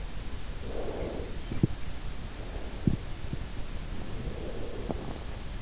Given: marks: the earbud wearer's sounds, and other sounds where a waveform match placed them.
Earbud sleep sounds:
sounds in sleep by an in-ear microphone; breath, teeth grinding
0.31-1.92 s: breath
2.70-3.89 s: teeth grinding
3.70-5.55 s: breath

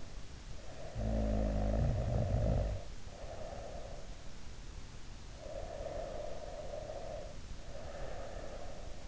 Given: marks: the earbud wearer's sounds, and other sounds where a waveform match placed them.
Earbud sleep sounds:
sounds in sleep by an in-ear microphone; snoring breath, breath
0.78-4.25 s: snoring breath
5.23-9.07 s: breath

